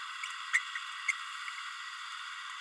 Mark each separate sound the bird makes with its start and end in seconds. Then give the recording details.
0.53-0.59, 1.08-1.12. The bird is a female. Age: 30 days. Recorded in a nest box in Venezuela. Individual 17B32A7